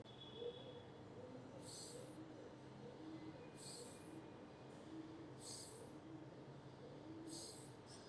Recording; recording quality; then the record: shallow breathing; moderate, slight background noise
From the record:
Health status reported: COVID-19 positive, mild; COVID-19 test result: positive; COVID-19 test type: RT-PCR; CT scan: not taken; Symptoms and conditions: cough, cold, fever, fatigue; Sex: male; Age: 32 years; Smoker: no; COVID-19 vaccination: both doses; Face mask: not worn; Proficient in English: yes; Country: India